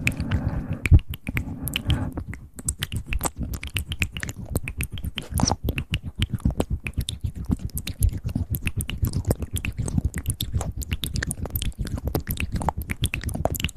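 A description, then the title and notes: Close mouth sounds: a dense, rapid run of wet clicks, smacks and pops, many per second, with no pause across the whole stretch. The clicks are crisp and bright over a soft low murmur, and a steadier breathy patch fills the first two seconds. ASMR Close Mouth Sounds.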